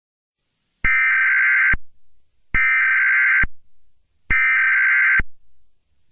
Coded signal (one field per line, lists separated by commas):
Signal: Emergency Alert System (SAME) tones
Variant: header bursts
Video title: Emergency Broadcast System (Wanted Suspect)